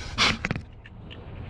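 A torque wrench tightens a suspension or steering nut during a front wheel bearing hub install on a 2010 Seat Ibiza, with a steering rod nut at 100 Nm next in line. A brief broadband rush around 0.2–0.3 s is followed by a sharp click at 0.5 s and two quick, fainter clicks right after. The wrench clicks as it reaches its set torque, confirming the nut is tightened.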